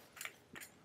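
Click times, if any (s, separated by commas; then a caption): 0.2 s, 0.6 s. A box magazine is removed from the top of the receiver of a BESAL light machine gun to begin disassembly. Short, sharp metallic hits sound at 0.2 s and 0.3 s as the catch releases, then another at 0.6 s as the magazine comes out, and the magazine is released.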